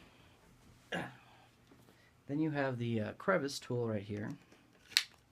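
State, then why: Seated. A plastic crevice tool is pushed onto a Dyson DC56 Hard cordless hand vacuum while someone talks. A sharp click at 5.0 s marks the crevice tool snapping into place, seated.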